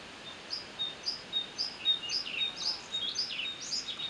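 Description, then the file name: Eurasian blackcap giving a run of short, high, clipped notes, repeated about twice a second and breaking into brief chattery twitters toward the end. "Sylvia atricapilla"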